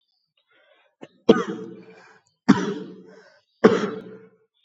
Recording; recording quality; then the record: shallow voluntary cough; excellent, no background noise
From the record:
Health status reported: exposed to COVID-19, no respiratory illness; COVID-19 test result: negative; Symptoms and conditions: cough, sore throat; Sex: male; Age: 40 years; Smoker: not ticked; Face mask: not worn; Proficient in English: yes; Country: India